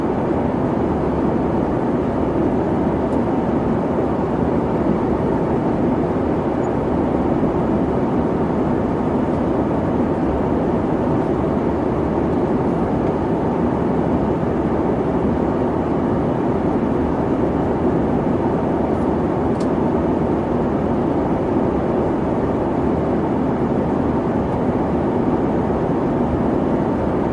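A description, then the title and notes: Steady cabin noise inside a 737 jet: a dense, unchanging roar weighted toward the low and middle range, with a deep rumble underneath. It holds at the same level for the whole stretch, with only a faint brief tick near the twenty-second mark. Cabin Noise on a 737 Jet. The endless drone.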